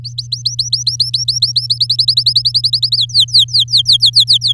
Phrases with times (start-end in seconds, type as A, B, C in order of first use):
0.04-1.67 A, 1.70-2.97 B, 2.97-4.53 C